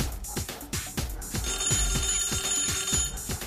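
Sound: telephone ringing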